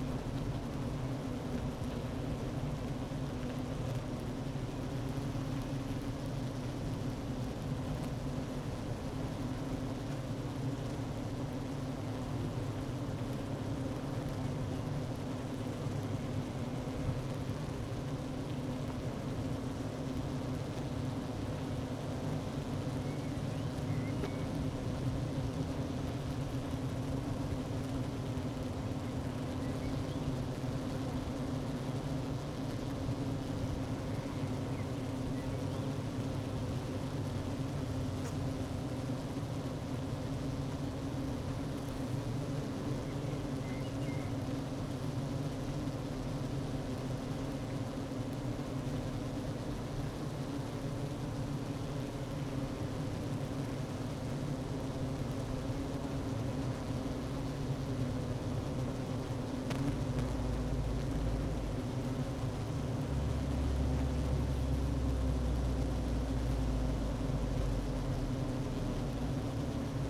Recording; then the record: honeybee colony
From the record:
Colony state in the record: active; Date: 12 June 2018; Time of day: 11:23